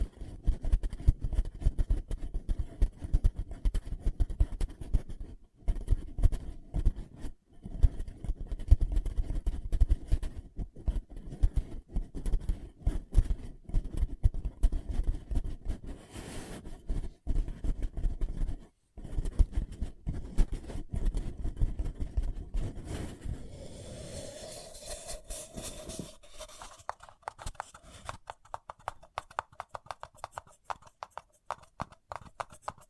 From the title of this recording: Paper Cup Tingles